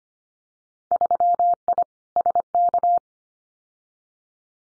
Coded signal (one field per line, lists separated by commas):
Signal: Morse code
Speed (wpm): 25 wpm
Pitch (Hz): 700 Hz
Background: none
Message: 3I SK